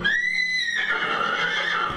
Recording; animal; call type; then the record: contact call of a hoofed animal; horse; whinny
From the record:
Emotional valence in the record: negative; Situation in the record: group separation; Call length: 2.1 s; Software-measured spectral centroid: 2280 Hz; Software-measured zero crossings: 3680 a second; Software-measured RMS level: -24 dBFS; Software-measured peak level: -12 dBFS